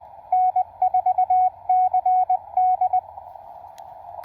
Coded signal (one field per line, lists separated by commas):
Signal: Morse code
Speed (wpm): 20 wpm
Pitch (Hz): 740 Hz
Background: radio noise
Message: N4CD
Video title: Parks on the Air Morse Code contact with N4CD, TX #HamRadio